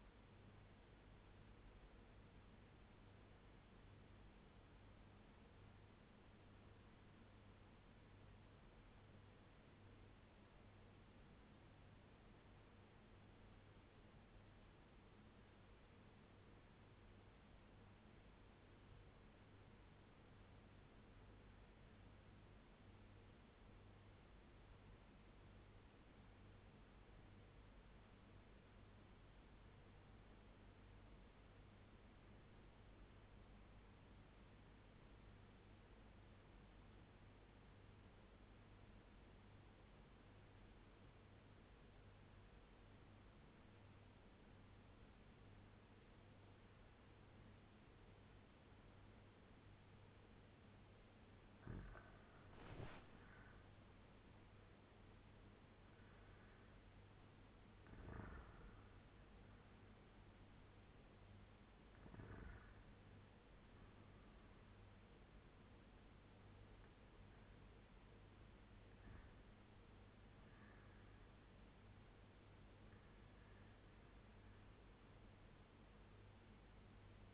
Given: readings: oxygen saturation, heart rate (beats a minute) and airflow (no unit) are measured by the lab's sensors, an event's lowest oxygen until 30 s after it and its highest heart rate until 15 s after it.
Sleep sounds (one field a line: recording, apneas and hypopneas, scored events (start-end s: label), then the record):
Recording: breathing in sleep by a voice recorder at the bedside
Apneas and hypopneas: 1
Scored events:
3.00-51.90 s: obstructive apnea (REM, oxygen 97% highest, then 84% lowest, heart rate 82 at the start, 91 highest)
From the record:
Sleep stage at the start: REM sleep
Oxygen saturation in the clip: 84 to 97%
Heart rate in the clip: 48 to 91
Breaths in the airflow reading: 6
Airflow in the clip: -7.6 to 5.8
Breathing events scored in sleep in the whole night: 201 in 6.5 hours asleep